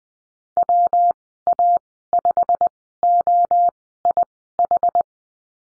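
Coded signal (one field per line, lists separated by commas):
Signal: Morse code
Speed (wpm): 19 wpm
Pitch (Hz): 700 Hz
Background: none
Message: WA5OIH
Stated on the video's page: Morse course lesson on call signs, Farnsworth speed 20/10 wpm.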